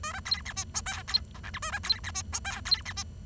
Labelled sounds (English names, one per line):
Bengalese Finch song